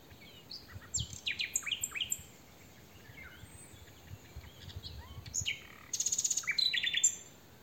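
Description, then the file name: Common nightingale song: scattered sweeping chirps and squeaky notes building into a fast buzzing trill near the end. "Luscinia megarhynchos"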